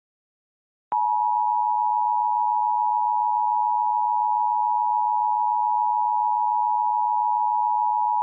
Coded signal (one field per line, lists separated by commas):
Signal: Emergency Alert System (SAME) tones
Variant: 853 and 960 Hz attention tone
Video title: EAS Mock: Morning Storms